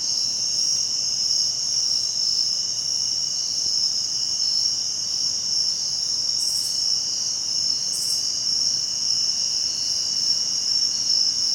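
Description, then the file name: Cricket trilling in an unbroken, high, ringing drone, with two brief higher bursts partway through. Recorded at Herring Run during a Cricket Crawl, 7 September 2016, part 1 of 6. "thomas wilson Herring Run Cricket Crawl 1 of 6 2016-0907"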